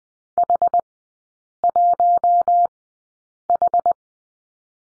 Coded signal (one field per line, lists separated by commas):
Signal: Morse code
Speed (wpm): 20 wpm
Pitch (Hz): 700 Hz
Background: none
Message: H1H